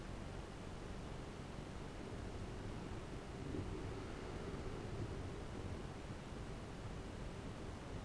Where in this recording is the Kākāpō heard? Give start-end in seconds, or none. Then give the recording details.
none. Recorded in New Zealand. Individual Arab